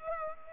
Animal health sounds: mosquito wingbeat signal from an infrared sensor; Culex pipiens

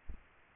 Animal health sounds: mosquito wingbeat signal from an infrared sensor; Aedes aegypti

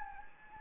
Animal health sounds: mosquito wingbeat signal from an infrared sensor; Anopheles gambiae

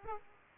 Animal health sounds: mosquito wingbeat signal from an infrared sensor; Aedes aegypti

